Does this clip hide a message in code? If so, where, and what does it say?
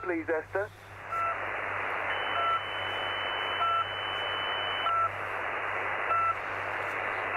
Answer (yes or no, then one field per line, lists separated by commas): no